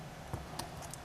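A pin is pushed flush into a metal watch bracelet link, after resizing the bracelet, with the flat end of a tool or tweezers while the bracelet rests on plastic to avoid damage. Against a steady low hum, a soft tap at 0.3 s is followed by a faint, sharp snap at 0.6 s as the pin seats in the link. A lighter tick comes at 0.9 s.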